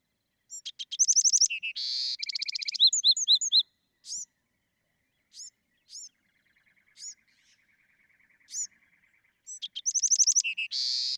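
Bewick's wren song opening with loud rapid trills and a buzzy burst, then sparse sharp notes and a faint low trill before another buzzy phrase.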